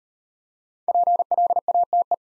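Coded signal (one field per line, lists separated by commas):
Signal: Morse code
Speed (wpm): 38 wpm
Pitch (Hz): 700 Hz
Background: none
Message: PLATE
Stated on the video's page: Morse code copying practice with easy words at 30 wpm, using contextual hints.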